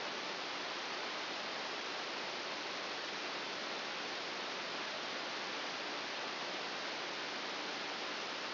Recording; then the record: brain microelectrode recording played as sound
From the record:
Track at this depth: inside the subthalamic nucleus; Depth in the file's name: 1.605 mm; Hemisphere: right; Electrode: 2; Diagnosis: Parkinson's disease